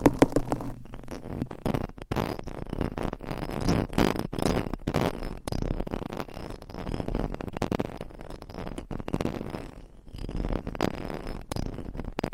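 Fingernails scratch across a microphone and its cover in a dense, continuous rasping that keeps shifting in texture. Sharp scraping strokes and brief rubbing bursts follow one another quickly, with short dips into near-silence around two and ten seconds.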